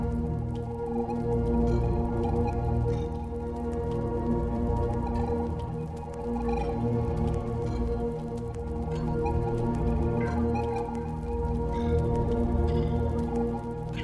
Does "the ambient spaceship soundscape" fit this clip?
yes